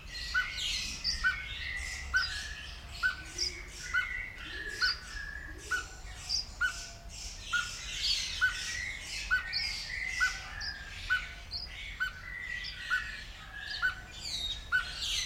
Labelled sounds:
Orange-breasted Waxbill (Amandava subflava)
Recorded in captivity
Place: Zoo Berlin, Berlin, DE
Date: 1994-01-14 10:56
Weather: -1°C, heiter
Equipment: Marantz CP 430, Sennheiser ME 80, Kopie Uher Variocord 263
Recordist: Tembrock, Günter

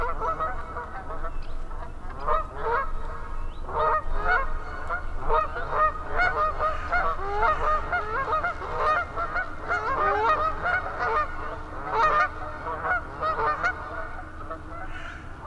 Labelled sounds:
Canada Goose (Branta canadensis) call
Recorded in the wild
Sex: group
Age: diverse
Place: Langasjönas, Blekinge, SE
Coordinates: 56.2286, 14.8522
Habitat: lake
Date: 2006-08-04
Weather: clear, ca. 15°C, no wind
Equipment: Marantz PMD 660, Sennheiser ME 66, Windkorb
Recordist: Frommolt, Karl-Heinz

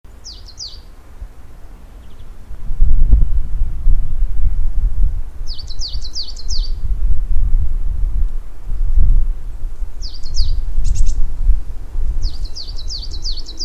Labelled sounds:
Coal Tit (Periparus ater) song
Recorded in the wild
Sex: male
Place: Birken-Honigsessen, Westerwald, Rheinland-Pfalz, DE
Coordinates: 50.8192, 7.76194
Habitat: mixed forest
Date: 1992-03-18 16:09
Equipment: Aiwa HD-S1, Sennheiser ME 80, 1:1 Kopie
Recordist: Frommolt, Karl-Heinz

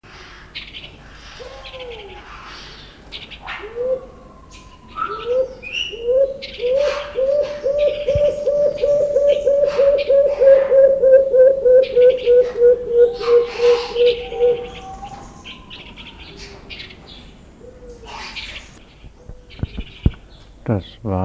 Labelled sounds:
Beautiful Fruit Dove (Ptilinopus pulchellus) song
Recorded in captivity
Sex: male
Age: adult
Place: Zoo Berlin, Berlin, DE
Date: 1999-12-21 11:55
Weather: overcast, 0°C
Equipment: Nagra SN, Kopie Uher 4000 Report Monitor
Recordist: Tembrock, Günter
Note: Männchen: Lautfolge, Entfernung ca. 1 m

